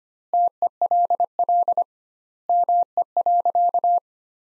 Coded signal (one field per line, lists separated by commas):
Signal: Morse code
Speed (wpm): 25 wpm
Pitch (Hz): 700 Hz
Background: none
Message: TELL ME.